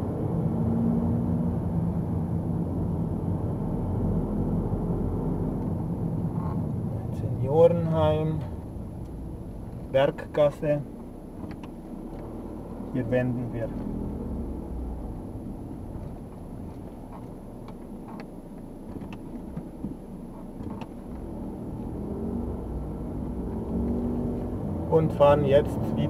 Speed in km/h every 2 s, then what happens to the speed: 34, 35, 25, 16, 8, 4, 8, 8, 0, 0, 0, 16, 32.
3-9 brakes to 4. 9-14 steady at about 8. 14-16 brakes to 0. 16-20 standing. 20-26 pulls away to 32.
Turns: none.